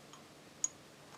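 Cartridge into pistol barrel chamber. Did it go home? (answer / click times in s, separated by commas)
yes / 0.6 s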